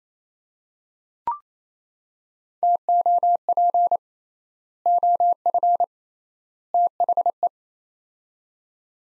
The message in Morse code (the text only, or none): TOP OF THE